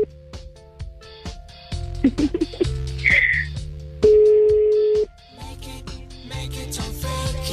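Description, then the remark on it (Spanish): A phone line rings out unanswered, with electronic tones and a long steady beep mid-way, among other shifting tonal sounds and faint background noise. “Oye, ya no nos contesta el teléfono, no manches.”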